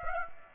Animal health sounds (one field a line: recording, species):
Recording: mosquito wingbeat signal from an infrared sensor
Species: Aedes aegypti